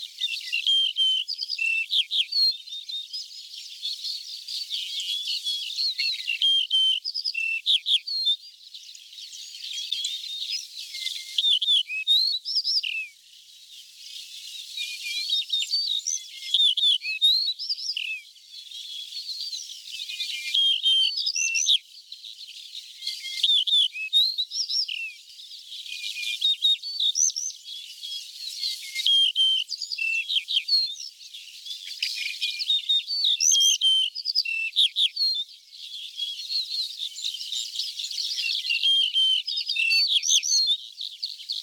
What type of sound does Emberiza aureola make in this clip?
song